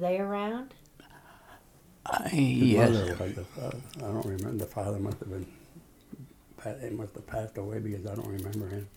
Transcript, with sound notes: Were they around?
Yes. (tentatively)
The mother was but I don't remember... The father must have been... He must have passed away because I don't remember him.